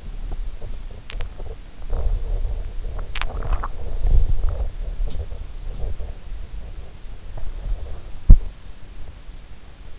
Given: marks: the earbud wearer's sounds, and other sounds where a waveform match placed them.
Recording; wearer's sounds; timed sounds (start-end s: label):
sounds in sleep by an in-ear microphone; body movement, swallowing, teeth grinding
0.00-6.28 s: body movement
2.95-3.73 s: swallowing
7.31-8.53 s: teeth grinding